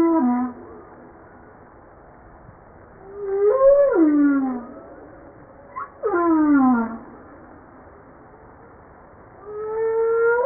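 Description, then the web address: Humpback whale calls, rising-then-falling harmonic moans and sharply descending sweeps, separated by quiet gaps of several seconds. From a JASA 2013 publication set. "pub JASA 2013 Blue Bowhead Fin Humpback Southern Right Whale humpback-01 940305"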